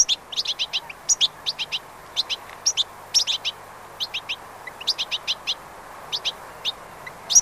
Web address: bbc Bird Song Site Goldfinch - Chardonneret